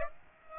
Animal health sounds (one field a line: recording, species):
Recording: mosquito wingbeat signal from an infrared sensor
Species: Aedes aegypti